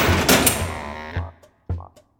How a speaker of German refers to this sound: Nein, und die Tür hinter dir zugeschlagen.